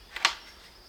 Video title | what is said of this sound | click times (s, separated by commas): The @*#%!$ Crossbow FAIL! Oh no no no no... | now i got it i put my wrench back here snaps | 0.2 s